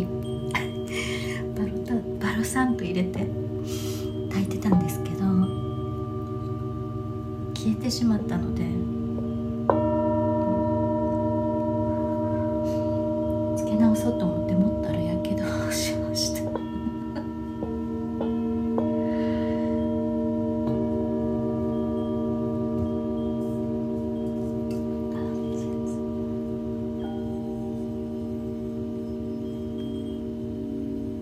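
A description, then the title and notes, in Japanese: Tibetan singing bowls ring in long sustained tones, a new bowl struck near ten seconds, with soft brief voices and clicks early on. 夜のシンギングボウルのサウンドヒーリング。チベタンシンギングボウルのサウンドヒーリングデス。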